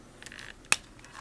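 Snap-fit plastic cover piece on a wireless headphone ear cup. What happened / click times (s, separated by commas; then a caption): A snap-fit plastic cover popped loose / 0.7 s. A snap-fit plastic cover piece on a wireless headphone ear cup is pried loose. A few faint ticks and scrapes lead up to a sharp, loud snap at 0.7 s as the cover pops apart and is released, followed by a smaller click near 1.2 s.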